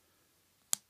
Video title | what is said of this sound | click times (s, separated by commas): Kamen Rider Drive TK-SP Type Fruits Review | you'll hear it snap back into place and then you can go ahead does | 0.7 s